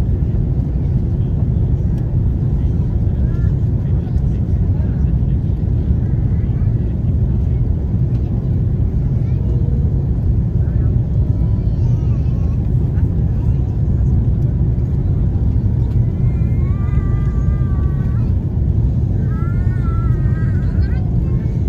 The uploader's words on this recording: FULL FLIGHT - Airbus A330 Palma to Frankfurt (Condor). Full flights with all of it's sounds including passenger announcements, service and of course the engines.